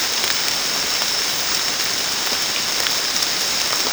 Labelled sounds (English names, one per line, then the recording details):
none
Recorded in secondary vegetation near Puerto Asís, Putumayo, Colombia, on 19 March 2025 at 23:00
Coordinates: 0.484, -76.319
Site G010